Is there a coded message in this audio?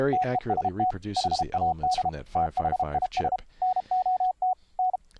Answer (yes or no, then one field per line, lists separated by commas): yes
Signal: Morse code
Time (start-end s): 0.1-5.0 s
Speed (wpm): 33 wpm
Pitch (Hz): 740 Hz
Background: speech, radio noise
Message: TEST HAD THIS NOT N